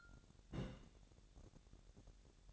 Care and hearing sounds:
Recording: daily activity, microphone in the room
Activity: place on stove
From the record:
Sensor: 3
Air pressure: 1012.0 hPa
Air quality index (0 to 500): 203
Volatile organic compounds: 3 ppm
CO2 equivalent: 1522 ppm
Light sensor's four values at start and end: 109/259/106/94 and 109/259/106/94

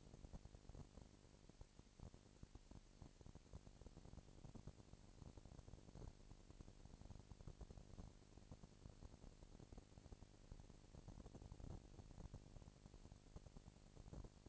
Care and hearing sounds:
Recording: daily activity, microphone in the room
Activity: no activity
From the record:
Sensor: 5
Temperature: 19.8 degrees Celsius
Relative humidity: 36.7%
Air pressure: 997.2 hPa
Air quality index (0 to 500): 169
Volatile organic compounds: 14 ppm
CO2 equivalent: 2444 ppm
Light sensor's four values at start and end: 2/3/1/1 and 2/3/1/1

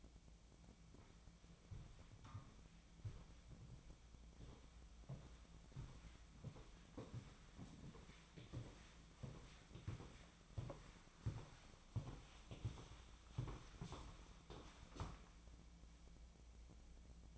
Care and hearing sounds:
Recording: daily activity, microphone in the room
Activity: walk to room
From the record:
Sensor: 1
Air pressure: 1010.1 hPa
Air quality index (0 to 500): 185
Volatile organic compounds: 16 ppm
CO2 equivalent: 2540 ppm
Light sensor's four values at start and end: 39/99/41/51 and 39/101/41/51

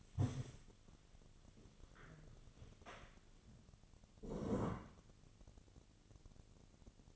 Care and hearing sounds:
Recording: daily activity, microphone in the room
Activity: stand up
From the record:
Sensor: 4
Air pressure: 1001.2 hPa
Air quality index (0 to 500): 182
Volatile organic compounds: 2 ppm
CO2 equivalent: 1302 ppm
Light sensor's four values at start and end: 14/33/13/14 and 14/33/13/14

